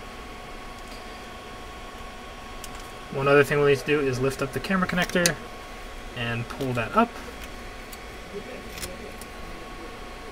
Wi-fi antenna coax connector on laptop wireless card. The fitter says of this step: and they pull straight up just like that and you'll hear them click and then they pop right out